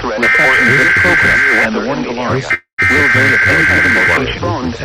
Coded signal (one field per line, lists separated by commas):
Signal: Emergency Alert System (SAME) tones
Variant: header bursts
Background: speech